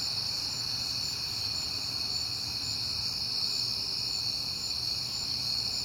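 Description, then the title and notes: Crickets fill the night with continuous high-pitched trilling, many insects overlapping evenly, with a soft low hum beneath. Crickets heard often in September; recorded at night on a peaceful night. "Night Time: Crickets and Passing Cars. It is September and I have been hearing the crickets a lot, but finally had a peaceful night to make the recording"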